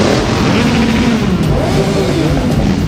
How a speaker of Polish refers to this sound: Ulicami Wrocławia przejechała motoparada niepodległości. Barwna kawalkada motocyklistów zrobiła na mieszkańcach wrażenie.